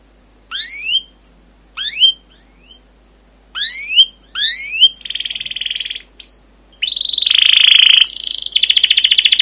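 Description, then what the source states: Canary gives short rising whistled phrases separated by pauses, then bursts into buzzy high rolling trills. Canary masteran of long, rolling (ngerol) 'cuit cuit' gacor song, used as a lure to prompt other canaries to sing.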